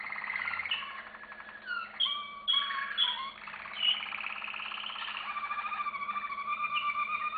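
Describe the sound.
Canary song, a continuous run of rapid trills and rolls with sharp whistled notes near the middle, flowing into steady rhythmic pulsing toward the end.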